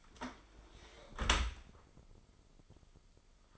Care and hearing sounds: daily activity, microphone in the room; close dishwasher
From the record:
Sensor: 5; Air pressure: 995.9 hPa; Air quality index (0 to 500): 102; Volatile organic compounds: 7 ppm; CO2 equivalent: 1973 ppm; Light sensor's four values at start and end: 42/101/42/44 and 42/100/42/44

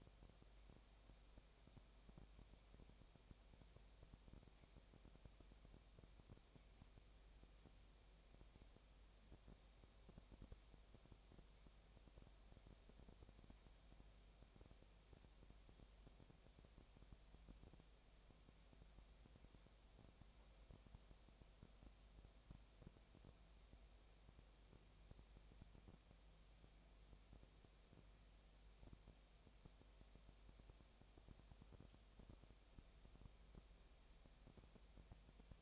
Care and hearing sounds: daily activity, microphone in the room; no activity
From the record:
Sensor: 1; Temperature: 19.8 degrees Celsius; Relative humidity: 37.9%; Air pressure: 998.8 hPa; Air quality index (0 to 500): 233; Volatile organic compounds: 133 ppm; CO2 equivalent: 3945 ppm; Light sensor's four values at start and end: 1/2/1/1 and 1/2/1/1

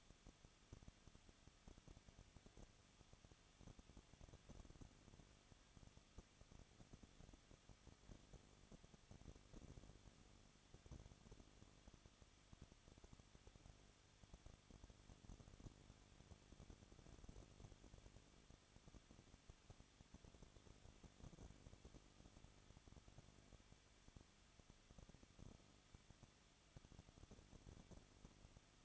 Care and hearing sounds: daily activity, microphone in the room; no activity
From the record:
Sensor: 4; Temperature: 23.0 degrees Celsius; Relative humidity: 34.6%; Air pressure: 1007.3 hPa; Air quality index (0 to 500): 216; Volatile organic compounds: 15 ppm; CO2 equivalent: 2502 ppm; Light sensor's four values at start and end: 2/3/1/1 and 2/3/1/1

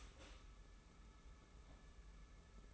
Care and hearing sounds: daily activity, microphone in the room; start toaster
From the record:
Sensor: 1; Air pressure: 994.5 hPa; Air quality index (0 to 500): 224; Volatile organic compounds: 1000 ppm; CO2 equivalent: 8058 ppm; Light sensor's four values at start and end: 129/295/131/142 and 116/264/117/125

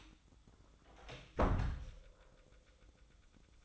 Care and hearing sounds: daily activity, microphone in the room; close door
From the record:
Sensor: 3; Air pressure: 1004.9 hPa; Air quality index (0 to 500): 77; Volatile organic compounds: 2 ppm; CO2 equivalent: 1155 ppm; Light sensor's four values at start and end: 8/19/7/7 and 8/19/7/7

